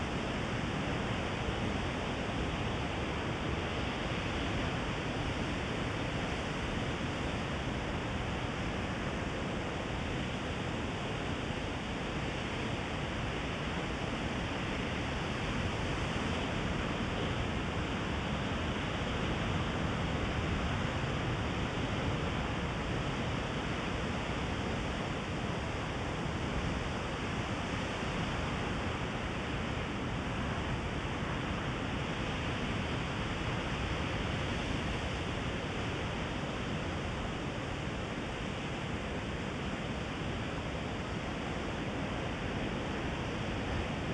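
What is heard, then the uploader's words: Waves crash far below in a dense, unbroken roar, steady and full from deep rumble to hiss, with no distinct surges standing out. We invite you to the top of a cliff, by the ocean on a sunny mid-winter day.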